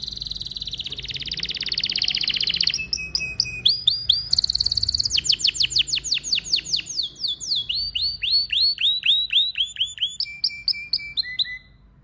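Canary song opening with a dense buzzy trill, followed by series of rapid slurred notes and crisp repeated chips at several pitches, in quick changing tours.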